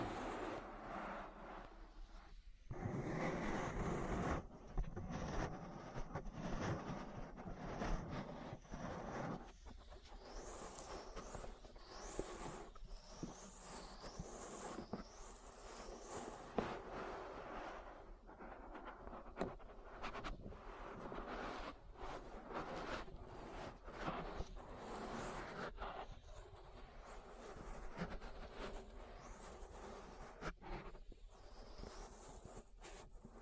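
Rubbing and brushing against the ear, a dense, continuous scratchy texture with soft swells and quick strokes throughout. Between about 10 and 16 seconds a run of high, squeaky chirps cuts through, and a louder muffled press comes early on.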